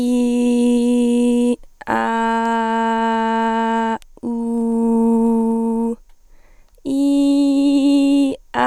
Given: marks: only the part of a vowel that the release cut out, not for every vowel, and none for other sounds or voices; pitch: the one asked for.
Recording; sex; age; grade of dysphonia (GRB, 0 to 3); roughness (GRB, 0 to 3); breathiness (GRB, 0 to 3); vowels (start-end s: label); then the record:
sustained vowels; female; 18 to 19 years; 0; 0; 0
0.00-1.48 s: vowel /i/, normal pitch
2.51-3.89 s: vowel /a/, normal pitch
4.33-5.85 s: vowel /u/, normal pitch
6.96-8.26 s: vowel /i/, high pitch
From the record:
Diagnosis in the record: healthy voice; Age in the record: 19 years